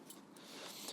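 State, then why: Seated. A male solar panel cable connector is pushed into the female connector on the power station lead and clicks into place at 0.1 s. The click is a short, sharp tick over a steady hiss of background noise, with a softer knock at about 0.4 s. The connector is seated.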